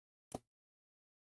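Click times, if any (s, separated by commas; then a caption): 0.4 s. A plastic part of a Perfect Grade model kit is pressed hard into its joint socket until it snaps home. A single sharp snap at 0.4 s spreads broadband across the spectrum and fades within about a tenth of a second, then there is silence. The part is seated, and what sounded like a break was everything snapping into place.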